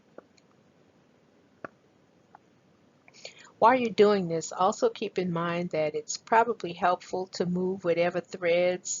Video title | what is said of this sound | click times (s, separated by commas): Best Sewing Machines for Beginners | make sure that when you are placing the buttonhole maker on the sewing machine that it snaps back in place in the same location where the general purpose presser foot was located | 1.6 s